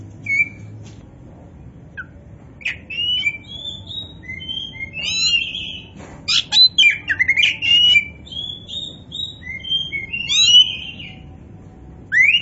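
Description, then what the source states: Oriental magpie-robin song starting with sparse whistled notes, then building into dense bursts of slurred whistles, scratchy trills and clicks. Oriental magpie-robin (kacer), poci form, singing vigorously (gacor).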